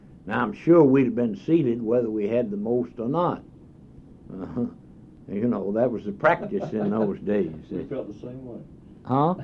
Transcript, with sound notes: Now, I’m sure we’d have been seated whether we had the most or not, uh-huh, you know, that was the practice [laughs] in those days, they— We felt the same way. Huh?